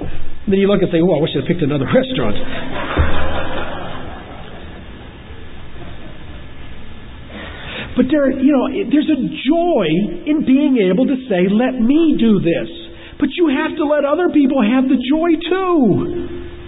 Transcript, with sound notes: And then you look and say, "Whoa, I wish they'd picked another restaurant." (Laughter) But, you know, there is a joy in being able to say, "Let me do this," but you have to let other people have the joy, too!